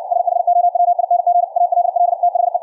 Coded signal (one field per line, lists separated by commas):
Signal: Morse code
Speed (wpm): 64 wpm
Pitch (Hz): 700 Hz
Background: radio noise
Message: SHOWING ALL THE